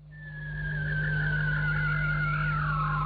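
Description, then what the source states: Bearded seal song: a long, slowly descending warbling whistle that falls further near the end, over a steady low hum. Underwater sound, part of the first global library of aquatic animal sounds, assembled by researchers from nine countries to gauge the health of marine ecosystems.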